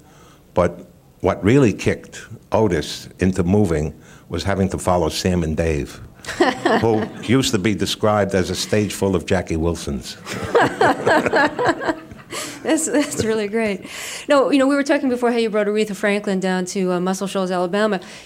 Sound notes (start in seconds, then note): 6.2 laughter; 10.2 laughter